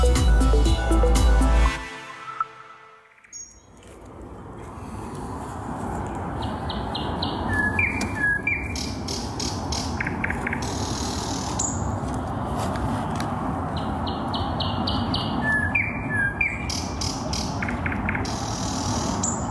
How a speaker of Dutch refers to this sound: Broer van Thea Sibbel, die in Moskou woont, hoorde deze vogel. Wat hebben we hier, dacht hij. Hij zette de fles zelfgestookte wodka aan de kant, stak zijn mobieltje uit het raam van zijn dacha, nam het geluid op en stuurde het zijn zus toe.